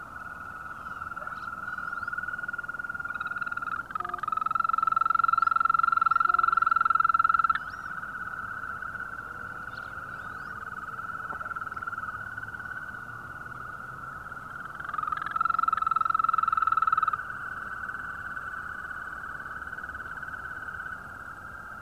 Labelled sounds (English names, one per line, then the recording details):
Green Toad
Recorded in the wild
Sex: male
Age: adult
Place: Falkenberger Rieselfelder, Barnim, Berlin, DE
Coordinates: 52.5792, 13.5536
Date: 1995-05-01 21:52
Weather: Lufttemperatur 4°C
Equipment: Sony TCD-D3, Sennheiser ME 80, K 30 AV (III), Windschutz
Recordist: Frommolt, Karl-Heinz